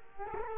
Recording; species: mosquito wingbeat signal from an infrared sensor; Culex quinquefasciatus